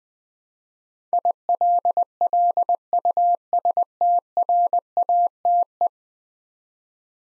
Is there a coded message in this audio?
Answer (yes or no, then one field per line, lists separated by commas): yes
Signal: Morse code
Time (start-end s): 1.1-5.9 s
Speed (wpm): 20 wpm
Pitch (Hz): 700 Hz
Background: none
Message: ILLUSTRATE